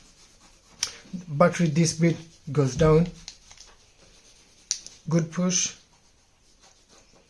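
Someone talks while pushing the plastic battery compartment back into a Ford car remote key fob after fitting the new battery. A few brief taps and handling noises sound between the speech, but the compartment has not clicked into place and has not seated.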